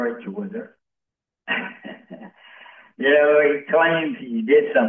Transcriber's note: laughs